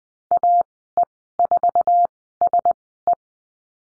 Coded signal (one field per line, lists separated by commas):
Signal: Morse code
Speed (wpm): 20 wpm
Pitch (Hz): 700 Hz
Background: none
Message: AE4SE